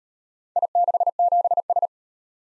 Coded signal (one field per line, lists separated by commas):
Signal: Morse code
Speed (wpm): 38 wpm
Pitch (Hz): 700 Hz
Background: none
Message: I67S